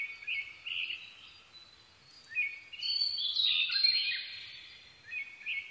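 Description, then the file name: Blue-and-white flycatcher song: short whistled phrases, then a louder, richer warbled phrase with high slurred notes near the middle, and another brief phrase at the end. 22 May 2011 at 04:34. "ooruri-20110522-0434"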